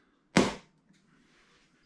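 A plastic top cap is pressed onto a fermenter airlock and seats with a single sharp snap at 0.4 s. The hit rings and decays over about a quarter second, followed by faint low handling noise and a soft knock near the end.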